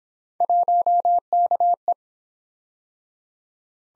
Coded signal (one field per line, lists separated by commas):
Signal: Morse code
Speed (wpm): 24 wpm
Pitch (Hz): 700 Hz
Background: none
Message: 1KE